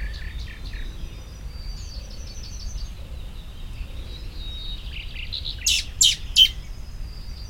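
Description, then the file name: Common blackbird giving three loud, harsh call notes near the end, while thin trills and whistles sound throughout against a steady low rumble. "Turdus merula"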